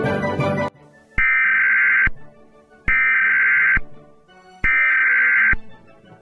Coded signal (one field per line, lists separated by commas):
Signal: Emergency Alert System (SAME) tones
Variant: header bursts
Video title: eas scenario 19: new monthly of 2025